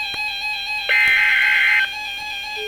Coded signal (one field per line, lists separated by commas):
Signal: Emergency Alert System (SAME) tones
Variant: header bursts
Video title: Flood Warning (EAS #221)